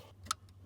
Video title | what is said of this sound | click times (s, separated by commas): It's time for a new remote starter... Installing Start-X remote starter kit 2015-2019 F-150! | and then you hear the click | 0.3 s